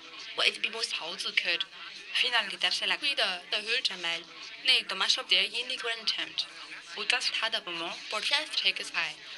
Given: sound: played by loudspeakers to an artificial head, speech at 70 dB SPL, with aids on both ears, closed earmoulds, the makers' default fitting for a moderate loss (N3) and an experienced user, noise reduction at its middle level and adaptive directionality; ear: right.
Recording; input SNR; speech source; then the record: speech test signal (ISTS) in cocktail-party noise; +9 dB; on the right (90 degrees)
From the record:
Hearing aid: class 2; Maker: B